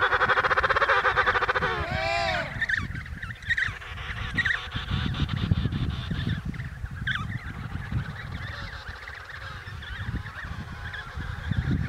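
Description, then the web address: Emperor penguin colony chorus with overlapping trumpeting calls, one loud swooping harmonic call near the start. Antarctica. "Antarctia Pinguins Keizerpinguins"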